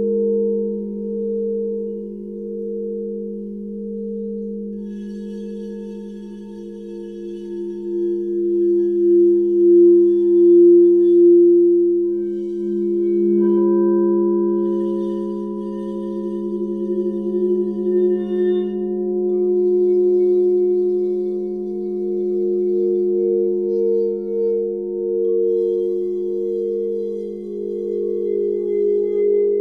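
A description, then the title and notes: Singing bowls ring in long, steady tones, with a low hum and a brighter layered tone slowly beating and swelling throughout. Around the middle a new, higher bowl note enters with a soft strike and sustains alongside the others. Faint high shimmering overtones come and go. I only use Crystal Tones Crystal Alchemy Singing Bowls and the ones I used for this Sound Healing were in the following notes and frequencies: A, A#, G#, F, F# and 417hz/432hz. The Crystal Alchemies were those aligned with the frequency of Mary Magdalene: Ruby, Platinum, Pink Aura Gold, Grandmother.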